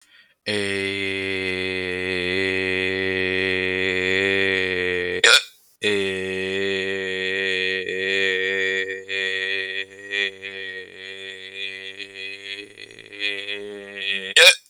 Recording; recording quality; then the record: sustained vowel as in made; moderate, slight background noise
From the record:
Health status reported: healthy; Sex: male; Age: 36 years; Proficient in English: yes